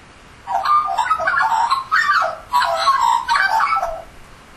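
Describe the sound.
Australian magpie delivers rich, bubbling, flute-like warbles in four phrases, the quick notes sliding up and down between short pauses.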